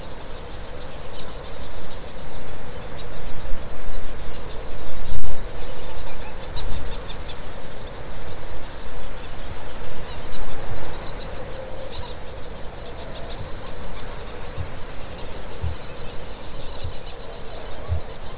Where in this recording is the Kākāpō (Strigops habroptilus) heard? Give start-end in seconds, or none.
14.19-18.35